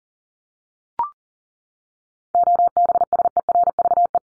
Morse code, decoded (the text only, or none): OBSERVE